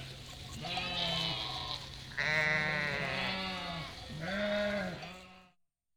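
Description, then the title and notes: Sheep bleats, a few overlapping wavering calls including a deep low bleat, ending in silence. Flock of 467 sheep and lambs, freshly counted by the shepherd, moving and grazing grass and wild garlic; spatialised, moving bleating chorus; spring day, Chindrieux, France; binaural recording, Fostex FR2 LE, recordist on bicycle. "847 Rue de Vars, 73310 Chindrieux, France - Troupeau de moutons. troupeau de 467 moutons et agneaux. Bêlements en chorale très spacialisée et en mouvement"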